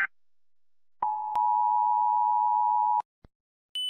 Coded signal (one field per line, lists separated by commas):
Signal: Emergency Alert System (SAME) tones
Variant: 853 and 960 Hz attention tone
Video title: The GoAnimate Attack: An EAS Scenario